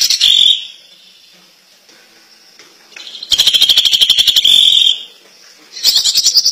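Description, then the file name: Greater green leafbird song: a brief burst, a pause, then a loud, fast trill of nearly two seconds and another short burst at the end. Champion competition bird singing. "kicau cucak ijo juara"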